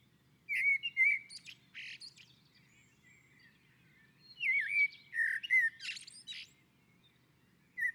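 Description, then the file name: Common blackbird song, low melodious whistled phrases followed by squeaky high flourishes, two phrases with a pause between and the start of a third. On a roof. "Koltrast på taket"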